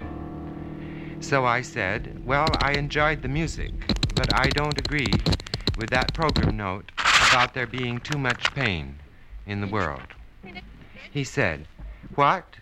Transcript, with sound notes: So I said, Well, I...
(SOUNDBITE OF DRUMMING)
...enjoyed the music, but I don't agree with that program note...
(SOUNDBITE OF SCRATCHING)
...about there being too much pain in the world. He said, what?